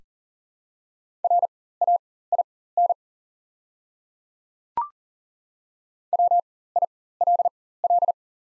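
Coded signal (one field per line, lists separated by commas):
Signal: Morse code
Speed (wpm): 37 wpm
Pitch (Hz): 700 Hz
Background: none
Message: RAIN WILL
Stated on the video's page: Practice set of top 300 words at 40 wpm with 4x character spacing (Farnsworth timing).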